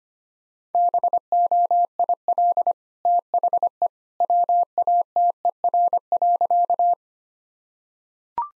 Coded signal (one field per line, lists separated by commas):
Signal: Morse code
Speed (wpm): 25 wpm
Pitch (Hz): 700 Hz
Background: none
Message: BOIL THE WATER.